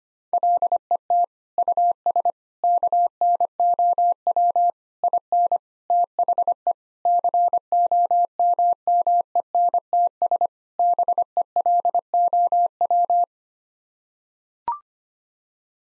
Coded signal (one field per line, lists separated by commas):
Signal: Morse code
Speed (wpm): 25 wpm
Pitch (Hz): 700 Hz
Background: none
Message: LET US KNOW IN THE COMMENTS BELOW